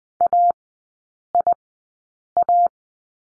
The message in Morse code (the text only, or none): AIA